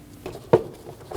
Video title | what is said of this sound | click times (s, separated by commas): How to Replace Spark Plugs 2012-2022 Volkswagen Passat 2.5L L5 | Push until you hear a click. If you don't, give it a pull. Make sure it's locked on. | 0.5 s